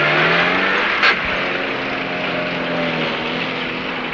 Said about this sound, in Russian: Машина уезжает.